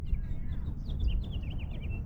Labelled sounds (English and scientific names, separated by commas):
House Finch (Haemorhous mexicanus) song